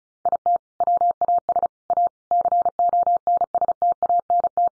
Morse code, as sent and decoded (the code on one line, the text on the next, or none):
.. - / .-- .- ... / .- / -.-. --- -. ... - .- -. -
IT WAS A CONSTANT